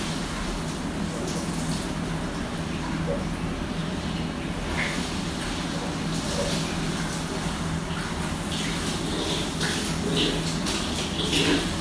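A shower head runs steadily, its spray a dense, even hiss that fills the whole twelve seconds without pause. An exhaust fan drones underneath as a constant low hum, and small splashes flick brightly through the spray now and then.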